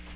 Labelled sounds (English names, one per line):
Magnolia Warbler flight call